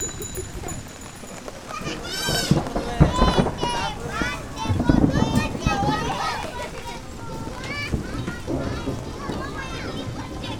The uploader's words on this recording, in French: Une journée tranquille en Inde, à Calcutta. Enregistrements : mai 08.